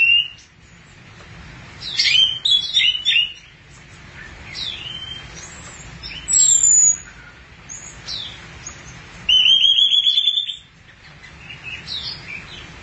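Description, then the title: Thrush song with a quick jumble of chips, a pure high drawn-out whistle, and a later sustained trill. "burung anis x"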